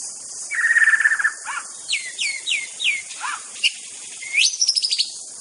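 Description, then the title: White-rumped shama song: a fast trilled phrase, then a series of crisp upslurred notes, ending in a high rattling trill. Wild bird in the forest. "Suara burung murai batu asli hutan"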